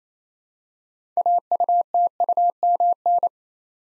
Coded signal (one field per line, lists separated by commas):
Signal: Morse code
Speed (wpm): 27 wpm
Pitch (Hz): 700 Hz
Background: none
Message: AUTUMN